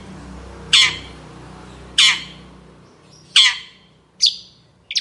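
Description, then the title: Long-tailed shrike giving harsh, grating squawks spaced from under a second to about one and a half seconds apart, each note dropping off sharply, with a faint low hum behind. Morning song with varied 'toet toet' notes, used as a lure to get other long-tailed shrikes singing. "Cendet Gacor Dor Di Kala Pagi Toet Toet Variasi Suara"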